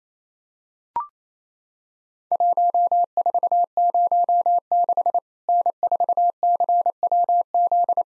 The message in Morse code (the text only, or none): 1406 N4CWZ